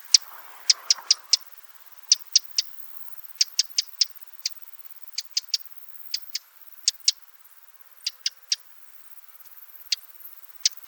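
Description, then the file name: Eurasian wren uttering a long series of sharp, clicking tick notes, singly or in quick groups of up to four, continuing throughout. "Troglodytes troglodytes"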